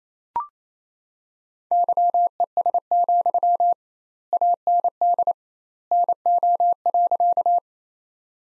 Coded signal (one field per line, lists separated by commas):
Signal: Morse code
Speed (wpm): 28 wpm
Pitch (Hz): 700 Hz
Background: none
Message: YES, AND NO.